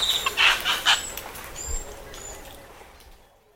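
Wedge-capped capuchin calls: a quick burst of three or four harsh, high chirping notes in the first second, then a few thin high whistles trailing off into quiet.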